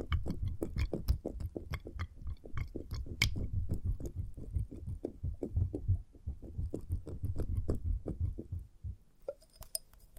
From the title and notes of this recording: ASMR Experimental Triggers in Test Tubes (No Talking).